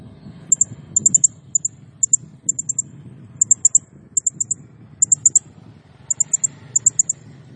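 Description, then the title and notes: Blue-crowned hanging parrot: thin, high ticking notes in tight groups of two to four, repeated throughout over a steady low hum. Serindit in gacor condition, 'nembak' (rapid shooting) song style, used as a masteran training sound and lure for other birds. "Burung Serindit Nembak Gacor Bikin Emosi Semua Burung. Suara Nasteran Dan Pemikat Burung Serinditan Gacor"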